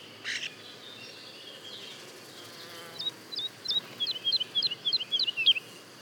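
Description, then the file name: Woodlark song phrase: a brief rustle, then an accelerating series of soft, looping whistled notes over a faint background hiss. Daytime song and duet of woodlarks, Le Puech, France. "alouette lulu chant de jour et duett Le Puech F"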